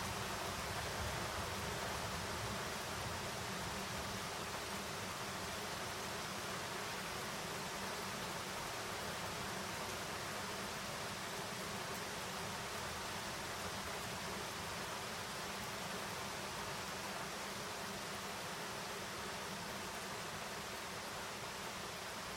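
Rain from a mountain storm falls steadily, recorded from a window of a home. The downpour is a dense, even hiss that covers everything from low to bright, with a faint shifting rumble underneath, and its level holds constant throughout.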